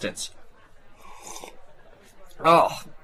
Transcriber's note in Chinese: sips coffee